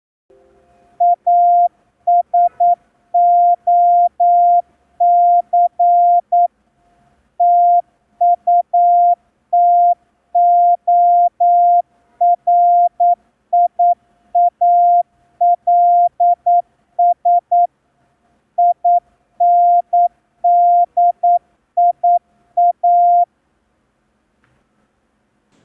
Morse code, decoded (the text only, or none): ASOC TUTORIALS INDIA